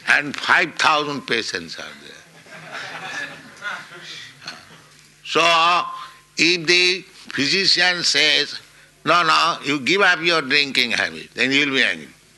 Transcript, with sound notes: And five thousand patients are there. [laughter] So if the physician says, "No, no, you give up your drinking habit," then he will be angry.